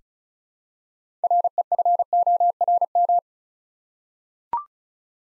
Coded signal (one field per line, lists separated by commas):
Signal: Morse code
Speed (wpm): 36 wpm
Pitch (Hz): 700 Hz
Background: none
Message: REFORM